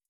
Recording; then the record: hydrophone in a shrimp aquaculture tank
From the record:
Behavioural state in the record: feeding